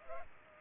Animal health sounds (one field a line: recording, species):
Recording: mosquito wingbeat signal from an infrared sensor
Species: Culex pipiens